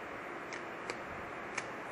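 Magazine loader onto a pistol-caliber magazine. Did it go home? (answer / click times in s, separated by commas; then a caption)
no / none. A Maglula magazine loader is being fitted onto a Colt SMG 9mm pistol-caliber magazine again to repeat its locking sound. Over a steady hiss, only faint light ticks are heard, the sharpest near 0.9 s and 1.6 s. The loader has not clicked on or locked onto the magazine yet.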